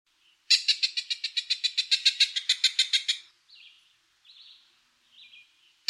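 Cooper's hawk giving a rapid, harsh series of many cackling kek notes lasting nearly three seconds, followed by a few softer, drawn-out notes.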